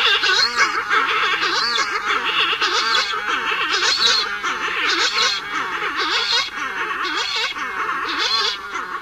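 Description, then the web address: Buller's shearwater calls: a dense chorus of nasal, moaning and wailing cries from many birds, overlapping continuously with harsh bursts throughout. "Songs of Birds of North America Stokes. Bullers Shearwater"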